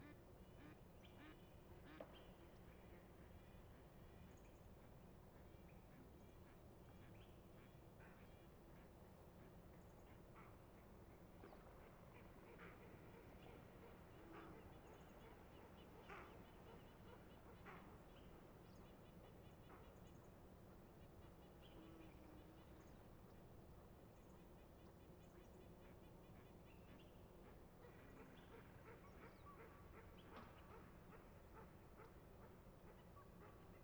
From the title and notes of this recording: Dawn in Little Pend Oreille National Wildlife Refuge, Bayley's Lake is waking. Ducks disturb the calm air.